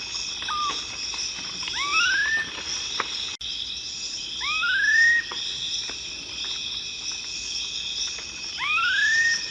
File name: Canto do anambe de cara preta